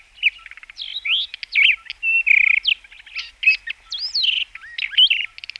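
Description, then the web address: Black bush robin song of rich rising and falling whistles mixed with quick clicking rattles and short chirps, delivered in a lively flow. "Schulze Peter Black Bush Robin song"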